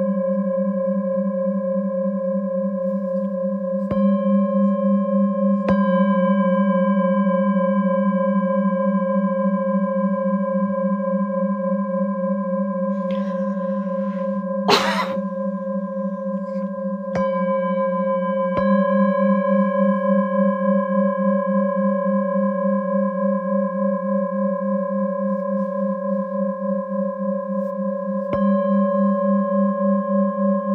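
Tibetan singing bowls ring in a steady, layered hum: a deep tone and a brighter one above it, both pulsing slowly as they beat against each other. Fresh strikes land every few seconds, renewing the sound, and a brief cough-like noise breaks in around fifteen seconds.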